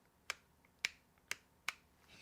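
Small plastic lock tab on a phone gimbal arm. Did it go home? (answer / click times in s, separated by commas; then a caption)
yes / 0.3 s, 0.8 s, 1.3 s, 1.7 s. Small plastic lock tabs on the arm of a Hohem M6 phone gimbal (with AI kit) are flipped by hand and snap into place, producing four sharp, bright clicks at 0.3, 0.9, 1.3 and 1.7 seconds over a quiet background, with a faint tick near 0.7 seconds. The tabs seat and latch, though they are not a true locking mechanism.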